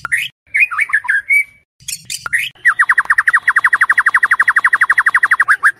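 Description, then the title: White-rumped shama song: a few scratchy chattering notes, then a long, steady trill of quick repeated whistled notes. Training recording (masteran) used to tutor other birds. "MASTERAN MURAI BATU LABAIK"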